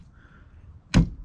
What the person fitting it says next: then it snaps you hear it it's locked in there